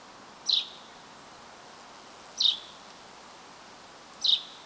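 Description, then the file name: Common chaffinch uttering three clipped, high call notes about two seconds apart against a quiet hiss. "Fringilla coelebs"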